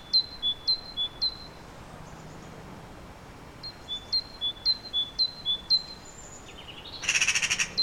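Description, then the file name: Great tit repeating a bright two-note phrase a few times, a pause, then several more, followed by a harsh rattling burst. "Parus major"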